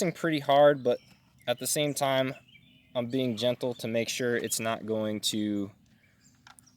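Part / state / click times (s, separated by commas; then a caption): RAM module into desktop motherboard memory slot / seated / 6.5 s, 6.6 s. A RAM module is pressed firmly but gently down into a desktop motherboard memory slot in a Lenovo m720s while someone talks. After the talking stops, two sharp clicks at 6.5 s and 6.6 s mark the module seating in the slot, followed by a fainter tick at 6.7 s.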